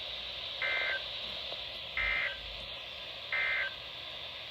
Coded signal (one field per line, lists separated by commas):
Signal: Emergency Alert System (SAME) tones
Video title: Summers not over yet EAS#290-306 8/28/20 - 9/1/20